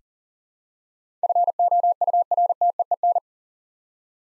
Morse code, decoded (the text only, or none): FOURTEEN